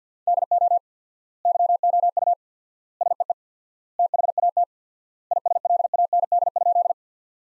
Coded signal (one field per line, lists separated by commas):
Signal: Morse code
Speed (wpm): 47 wpm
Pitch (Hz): 700 Hz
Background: none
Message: DO YOU SEE THAT ISLAND?